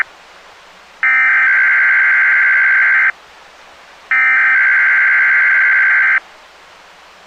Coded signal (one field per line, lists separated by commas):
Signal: Emergency Alert System (SAME) tones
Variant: header bursts